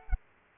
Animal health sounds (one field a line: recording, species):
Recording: mosquito wingbeat signal from an infrared sensor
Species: Culex pipiens